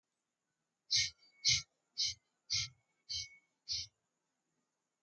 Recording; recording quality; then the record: shallow breathing; excellent, no background noise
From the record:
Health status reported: healthy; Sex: male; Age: 20 years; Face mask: not worn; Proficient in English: yes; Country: India